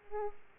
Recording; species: mosquito wingbeat signal from an infrared sensor; Aedes aegypti